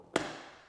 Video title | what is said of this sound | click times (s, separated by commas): The New WinSlate - Access Methods | You can hear it snap into place | 0.2 s